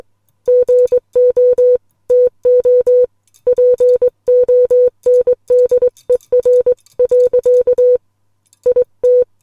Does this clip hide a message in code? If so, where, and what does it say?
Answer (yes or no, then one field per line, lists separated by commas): yes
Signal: Morse code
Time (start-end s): 0.5-9.2 s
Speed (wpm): 21 wpm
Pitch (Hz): 500 Hz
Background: music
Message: GO TO PONDER. IT